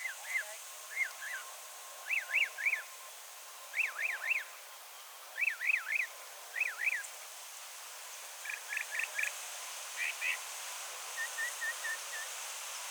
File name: Northern Mockingbird - Mimus polyglottos